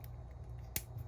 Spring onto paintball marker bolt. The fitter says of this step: the snap that means done it right you've done a good job and it's going to hold it in place and you're all set